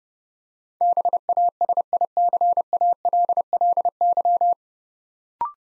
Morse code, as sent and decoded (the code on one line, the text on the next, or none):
-... .- ... .. -.-. .- .-.. .-.. -.--
BASICALLY